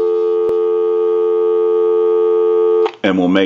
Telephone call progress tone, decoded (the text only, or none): dial tone